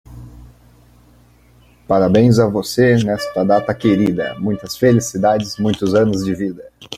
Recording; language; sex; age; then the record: short text; Brazilian Portuguese; male; 20 to 29 years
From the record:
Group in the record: control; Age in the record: 29 years